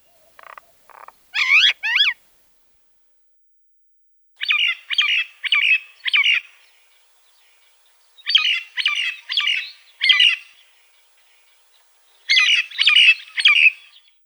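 Common myna calls: a few short opening notes, then bursts of about four harsh notes, repeated roughly every four seconds.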